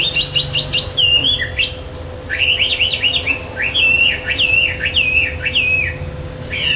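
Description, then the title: Bird singing quick trills and looping whistled phrases, with a brief pause near two seconds, against a steady hum. "SuaraBurung Kicau6"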